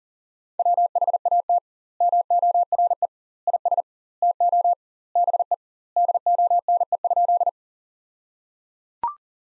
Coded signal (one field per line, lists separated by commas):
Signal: Morse code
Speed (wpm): 37 wpm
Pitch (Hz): 700 Hz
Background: none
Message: WHAT MORE IS TO BE DONE?